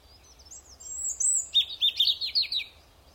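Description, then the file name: European robin song, a sweet high warble rising and falling, followed by a quick series of sharp, twittering notes. "Erithacus rubecula"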